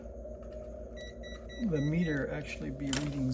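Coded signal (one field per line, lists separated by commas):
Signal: none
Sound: multimeter beeps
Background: speech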